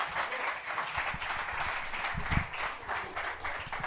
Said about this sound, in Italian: Applauso a questo giovane esordiente.